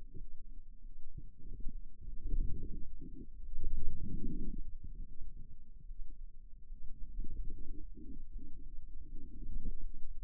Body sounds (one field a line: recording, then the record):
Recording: forearm muscle sounds (acoustic myography)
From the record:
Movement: radial deviation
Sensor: system 2, bracelet of six BSWA MPA416 microphones around the upper forearm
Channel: 3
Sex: female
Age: 23 years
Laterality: right